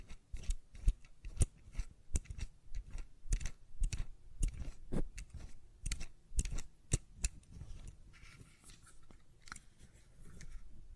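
Tapping and clicking on a fidget cube, with sharp, bright clicks arriving in irregular bursts, roughly two or three per second. Softer low thumps sit beneath them. After about eight seconds the clicks thin out and a faint, steady tone appears.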